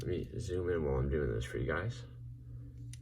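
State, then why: Seated. Someone talks as a small plastic accessory, the Matrix piece, is pressed into the chest compartment of a Transformers Earthrise Optimus Prime War for Cybertron action figure. A single sharp click sounds at 2.9 s as the piece pops into place and seats.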